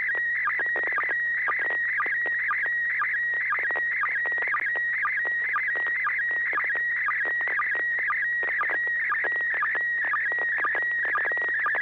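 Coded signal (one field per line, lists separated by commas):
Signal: SSTV (slow-scan television)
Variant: PD120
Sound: warbling, buzzy tone shifting rapidly in pitch with a low sync blip twice a second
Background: low hum, FM hiss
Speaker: this is going to be PD 120, November 6 Hotel Alpha.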